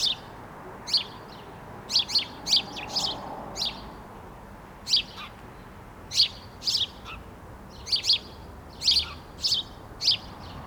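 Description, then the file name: House sparrow giving repeated sharp chirps, singly and in quick pairs or triplets, at short, uneven intervals over a soft background hiss. "Passer domesticus"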